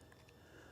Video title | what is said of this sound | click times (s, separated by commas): Ulanzi PT 20 Cynova Mic Adapter & ABTOCAR Video Glasses | line it up, you hear it click, | 0.1 s, 0.3 s